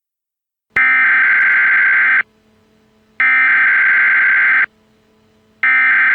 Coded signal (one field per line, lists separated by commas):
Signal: Emergency Alert System (SAME) tones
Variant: header bursts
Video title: EAS scenario #1: It lurks